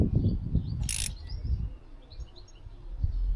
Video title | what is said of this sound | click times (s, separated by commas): Gros turbo ? AUDI A6T ! | Ça clique pas ou quoi là ? | none